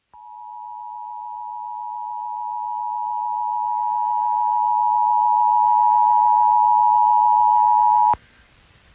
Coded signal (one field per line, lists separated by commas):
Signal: Emergency Alert System (SAME) tones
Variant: 853 and 960 Hz attention tone